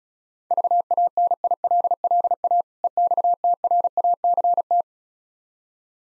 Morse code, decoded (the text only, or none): VANILLA EXTRACT